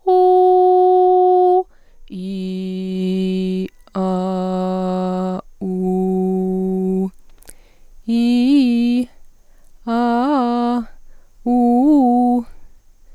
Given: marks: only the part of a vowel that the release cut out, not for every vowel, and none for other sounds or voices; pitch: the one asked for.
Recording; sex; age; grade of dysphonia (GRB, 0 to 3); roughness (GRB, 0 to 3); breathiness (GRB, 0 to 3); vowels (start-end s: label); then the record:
sustained vowels; female; 20 to 29 years; 0; 0; 0
0.34-1.40 s: vowel /u/, high pitch
2.30-2.97 s: vowel /i/, low pitch
4.21-5.21 s: vowel /a/, low pitch
5.85-6.88 s: vowel /u/, low pitch
8.18-8.92 s: vowel /i/, low-high-low pitch
9.97-10.68 s: vowel /a/, low-high-low pitch
11.55-12.33 s: vowel /u/, low-high-low pitch
From the record:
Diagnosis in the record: dysodia (singing voice disorder); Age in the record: 28 years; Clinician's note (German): Leichte ponogene Tendenz zur Hyperfunktion, enge Artikulation